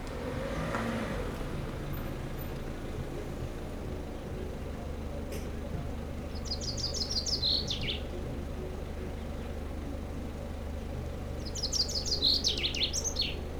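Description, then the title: Common chaffinch song: two rattling descending trills with a terminal flourish, about five seconds apart, after a brief low thud and over persistent low-frequency noise. Sings in a tree while preening, Aix-les-Bains, France; car park arrivals, scooters and e-bikes nearby, Sierroz river faintly behind. "30 Rue Eugène Fert, Aix-les-Bains, France - Pinson des arbres"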